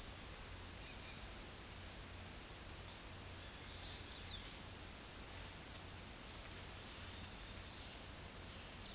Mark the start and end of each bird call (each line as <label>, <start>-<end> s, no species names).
bird call, 4.02-4.52 s